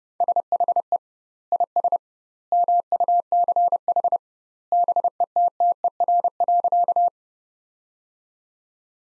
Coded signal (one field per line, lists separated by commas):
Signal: Morse code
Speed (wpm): 30 wpm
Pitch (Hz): 700 Hz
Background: none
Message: SHE IS MUCH BETTER.